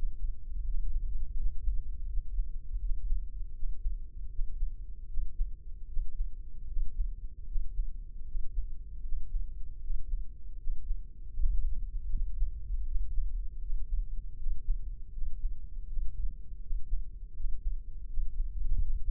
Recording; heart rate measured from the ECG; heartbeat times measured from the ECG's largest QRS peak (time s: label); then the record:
heart sounds by microphone in the left ear; 79 bpm
0.67 s: heartbeat
1.39 s: heartbeat
2.09 s: heartbeat
2.82 s: heartbeat
3.56 s: heartbeat
4.32 s: heartbeat
5.10 s: heartbeat
5.90 s: heartbeat
6.70 s: heartbeat
7.49 s: heartbeat
8.28 s: heartbeat
9.05 s: heartbeat
9.83 s: heartbeat
10.60 s: heartbeat
11.37 s: heartbeat
12.12 s: heartbeat
12.87 s: heartbeat
13.63 s: heartbeat
14.39 s: heartbeat
15.15 s: heartbeat
15.89 s: heartbeat
16.63 s: heartbeat
17.37 s: heartbeat
18.10 s: heartbeat
18.83 s: heartbeat
From the record:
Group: healthy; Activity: breath hold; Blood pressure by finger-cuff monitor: 136/79 mmHg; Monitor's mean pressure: 92 mmHg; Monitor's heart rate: 79 bpm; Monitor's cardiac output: 6.6 L/min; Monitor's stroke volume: 82 mL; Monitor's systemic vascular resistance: 1040 dyn s/cm5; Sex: male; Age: 21 years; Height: 175 cm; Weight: 72.6 kg